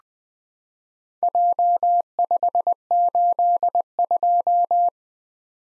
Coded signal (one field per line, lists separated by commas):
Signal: Morse code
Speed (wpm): 20 wpm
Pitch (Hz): 700 Hz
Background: none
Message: J582